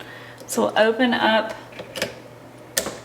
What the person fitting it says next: listen for the click